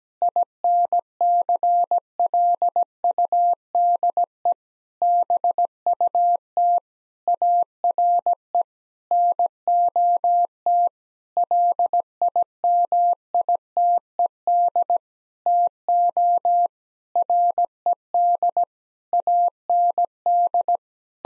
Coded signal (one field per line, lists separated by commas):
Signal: Morse code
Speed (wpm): 17 wpm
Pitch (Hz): 700 Hz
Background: none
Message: INCLUDE BUT ARE NOT LIMITED TO RED AND